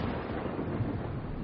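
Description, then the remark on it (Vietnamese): Thunder from a lightning strike rolls on as a dense, steady roar, heavy in the low end and unbroken for over a second, with no voices. “Đùng đùng, những tia sét giáng xuống chớp sáng ngay mắt của Đồ Lễ khiến cho ông giật mình.”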